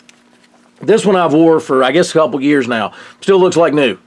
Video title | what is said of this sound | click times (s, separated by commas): The best EDC Gun Belt!! (Kore Essentials) | and then it locks back into place | 0.1 s